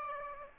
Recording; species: mosquito wingbeat signal from an infrared sensor; Aedes aegypti